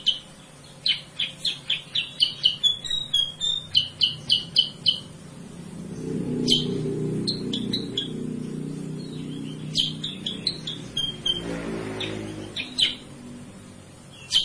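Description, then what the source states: Sooty-headed bulbul: long bursts of quick, bright, high chirps, interrupted midway by a low rumbling noise, then more chirp runs. Masteran: a training recording used to teach cage birds; also described as a lure sound.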